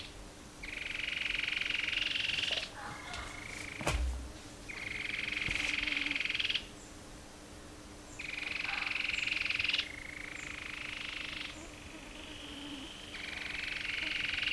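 Cherrie's antwren: several rapid pulsed trills, with fainter trills between them and a few sharp knocks early on.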